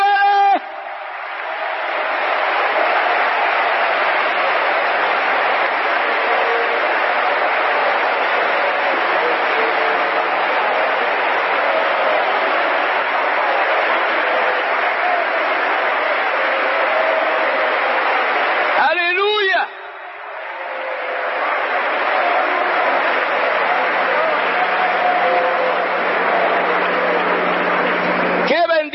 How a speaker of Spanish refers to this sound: Ahora sí les pido un aplauso grande para Cristo, unido con alabanza.